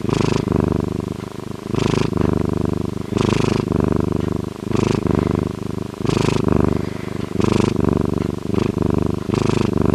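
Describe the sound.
Bobcat purring loudly, a rapid throbbing rumble alternating with sharp breathy hisses roughly every one and a half seconds.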